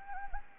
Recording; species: mosquito wingbeat signal from an infrared sensor; Anopheles gambiae